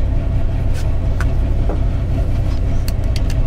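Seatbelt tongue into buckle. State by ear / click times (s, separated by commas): not seated / none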